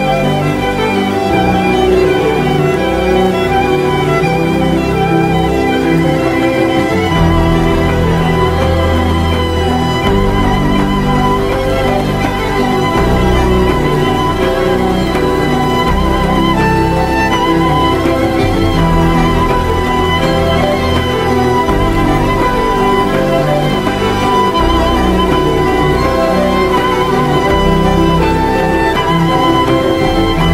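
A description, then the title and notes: Dark academia atmosphere with rain: a steady, dense bed of sound runs without a break for the full half minute. Low tones shift in blocks every few seconds beneath a sustained, held layer, and a fine hiss spreads evenly across the top. Dark academia atmosphere plus rain.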